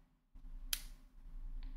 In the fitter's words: Vous avez entendu le petit clic.